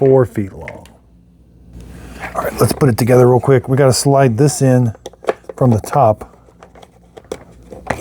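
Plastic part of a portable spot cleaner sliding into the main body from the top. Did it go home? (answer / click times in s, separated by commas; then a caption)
yes / 7.9 s. Someone talks while a plastic part, likely the hose assembly, is slid down from the top into the body of a Hoover Spotless Mini portable carpet spot cleaner during assembly. Small handling knocks follow the talking, and a sharp click at 7.9 s marks the part seating into place.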